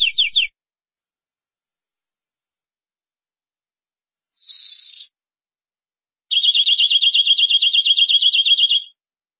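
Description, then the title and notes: Canary song: a short group of three notes, then a buzzy burst, then a long rapid trill held near one pitch, separated by silent pauses. "BM Suara Kenari. BM Suara Burung Kenari"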